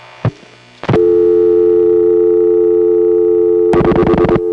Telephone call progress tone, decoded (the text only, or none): dial tone